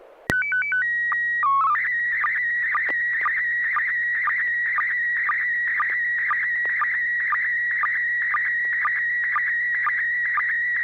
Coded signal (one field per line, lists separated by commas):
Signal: SSTV (slow-scan television)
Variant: PD 120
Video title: N6NA SSTV Net - 03/26/2025